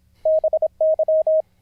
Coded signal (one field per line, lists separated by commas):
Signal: Morse code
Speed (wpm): 26 wpm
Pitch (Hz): 630 Hz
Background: none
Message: BY